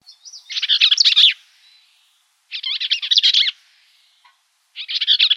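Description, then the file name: Bell's vireo song: rapid, scratchy, jumbled warbling phrases about a second long, three bursts separated by pauses of about a second, with a clean quiet background. Recorded in Arizona on 3 October 2006. "BEVI 5 deviche"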